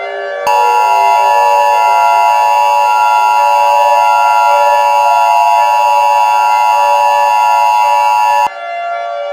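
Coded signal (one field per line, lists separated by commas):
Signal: Emergency Alert System (SAME) tones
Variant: 853 and 960 Hz attention tone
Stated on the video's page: Simulated EAS scenario for a West Coast earthquake.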